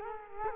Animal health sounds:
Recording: mosquito wingbeat signal from an infrared sensor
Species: Culex quinquefasciatus

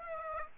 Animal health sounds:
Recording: mosquito wingbeat signal from an infrared sensor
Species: Aedes aegypti

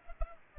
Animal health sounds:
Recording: mosquito wingbeat signal from an infrared sensor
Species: Culex pipiens

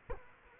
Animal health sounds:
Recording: mosquito wingbeat signal from an infrared sensor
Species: Culex quinquefasciatus

